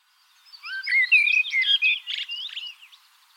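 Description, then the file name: Common blackbird: a single continuous warbled phrase of rising and falling fluty notes ending in a few harsh, squeaky flourishes, lasting about two seconds. "Turdus merula"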